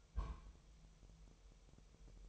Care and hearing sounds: daily activity, microphone in the room; place on stove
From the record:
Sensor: 1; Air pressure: 999.3 hPa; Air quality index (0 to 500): 201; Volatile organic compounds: 42 ppm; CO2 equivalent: 3186 ppm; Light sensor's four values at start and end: 9/22/8/9 and 9/22/8/9

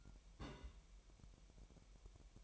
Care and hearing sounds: daily activity, microphone in the room; place on stove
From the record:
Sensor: 1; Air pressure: 1002.0 hPa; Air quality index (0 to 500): 245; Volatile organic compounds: 49 ppm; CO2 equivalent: 3281 ppm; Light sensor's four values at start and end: 5/12/5/5 and 5/12/5/5

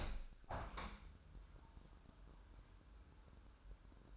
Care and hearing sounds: daily activity, microphone in the room; open window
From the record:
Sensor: 2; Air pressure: 998.4 hPa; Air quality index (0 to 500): 151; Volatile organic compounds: 5 ppm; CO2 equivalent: 1719 ppm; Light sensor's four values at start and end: 11/27/11/13 and 11/27/11/13

